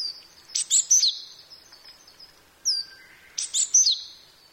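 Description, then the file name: Japanese tit calling: two quick groups of high, clipped notes with a single note between them, over a soft hiss. "shijukara"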